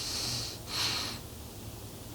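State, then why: Not seated. The two plastic halves of a Ford F-150 key fob case are lined up at their joints over the coin battery and squeezed together. Two soft, breathy hiss bursts are heard, one from 0.0 to 0.6 s and another from about 0.8 to 1.2 s, followed by a low, quiet hum. Nothing has snapped or clicked into place yet.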